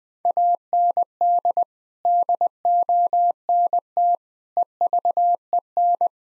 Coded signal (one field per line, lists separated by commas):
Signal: Morse code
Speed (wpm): 20 wpm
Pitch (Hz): 700 Hz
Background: none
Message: AND DONT EVEN